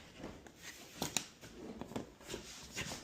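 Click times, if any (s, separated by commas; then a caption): none. A resin side panel of a Keter Westwood 150 deck box is handled against the box frame, where small clicking mechanisms on its sides are meant to click into place and snap inside. Soft rustling and scraping are broken by a few sharp hits, the loudest at about 1.2 s. Nothing has seated or clicked into place yet.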